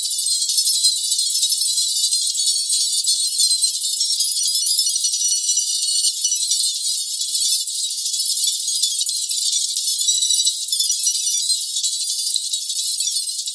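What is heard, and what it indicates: A steady, bright hiss confined to high pitches, with a faint shimmering, jingly texture and no low sound, holding the same level throughout. It is a synthetic tinnitus masker, a 4k distractor sound used in tinnitus sound therapy.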